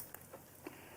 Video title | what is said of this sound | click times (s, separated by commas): ⚡ Do You Even Have Side Visibility? - Ciro Machete Saddlebag Lights 23.5/24+ Harley Touring⚡ | Listen for that click. | 0.1 s